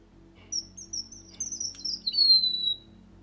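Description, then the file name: Red avadavat singing a single phrase of high, thin, tinkling notes that run together into a long, sweet descending whistle, with a faint low hum underneath. "Bengali vermelho"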